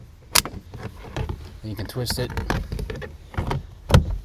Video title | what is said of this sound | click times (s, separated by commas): How To Professionally Tint A Full Car - 2020 Nissan Altima | manoeuvre the actual brake light back into place make sure it clicks in | 0.4 s